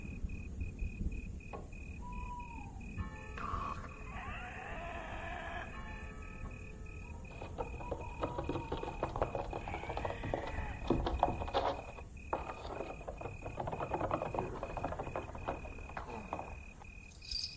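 An eerie dark-village ambience: a steady low rumble with a thin, high, unbroken tone running the whole way through. A short rising chirp and a warbling call come early, and scattered knocks and clatters grow busier through the second half.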